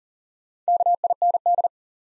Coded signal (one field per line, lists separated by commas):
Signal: Morse code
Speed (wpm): 40 wpm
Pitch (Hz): 700 Hz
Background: none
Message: KIND